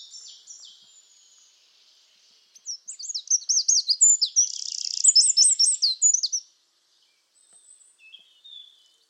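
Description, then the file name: Eurasian wren singing one explosive high-pitched phrase of quick tumbling notes and a dry rattling trill, preceded by a fainter trailing song and followed by soft high notes. "Troglodytes troglodytes"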